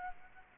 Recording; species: mosquito wingbeat signal from an infrared sensor; Aedes aegypti